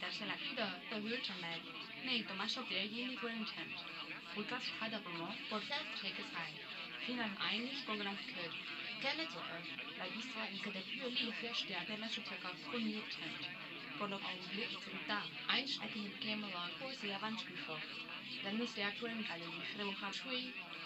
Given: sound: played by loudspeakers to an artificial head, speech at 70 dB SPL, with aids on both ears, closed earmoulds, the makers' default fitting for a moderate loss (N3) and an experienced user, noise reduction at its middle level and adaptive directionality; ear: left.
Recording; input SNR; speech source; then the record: speech test signal (ISTS) in cocktail-party noise; +6 dB; on the right (90 degrees)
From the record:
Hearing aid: class 1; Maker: D